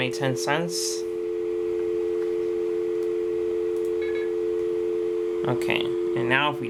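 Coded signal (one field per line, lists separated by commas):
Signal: telephone call progress tone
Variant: North America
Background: speech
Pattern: dial tone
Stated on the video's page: Call progress tones on North American local coin lines: coin first (prepay), dial tone first, semi-dial tone first, postpay and semi-postpay, all local calls from a private switch.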